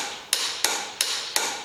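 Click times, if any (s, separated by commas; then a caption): 0.3 s. A good-quality click-type torque wrench, contrasted with cheap wrenches, is pulled until its mechanism breaks over at its set torque, giving a good solid click. Four sharp, bright clicks sound at about 0.3, 0.6, 1.0 and 1.4 seconds, each fading into a brief ring. The loudest, at 0.3 seconds, is the wrench clicking at its set torque.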